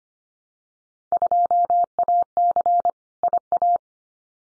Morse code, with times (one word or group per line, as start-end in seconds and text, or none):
1.1-2.9 2AC
3.2-3.8 IA